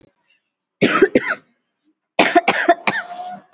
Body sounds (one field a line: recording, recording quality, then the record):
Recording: heavy voluntary cough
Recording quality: excellent, no background noise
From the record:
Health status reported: COVID-19 positive, moderate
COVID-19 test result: positive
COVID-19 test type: RT-PCR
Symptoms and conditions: cough, fever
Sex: female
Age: 45 years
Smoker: no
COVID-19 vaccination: one dose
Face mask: worn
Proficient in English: yes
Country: India